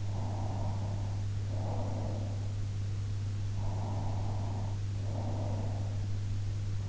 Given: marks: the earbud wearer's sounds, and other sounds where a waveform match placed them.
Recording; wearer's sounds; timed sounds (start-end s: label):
sounds in sleep by an in-ear microphone; breath
0.37-2.38 s: breath
3.63-5.93 s: breath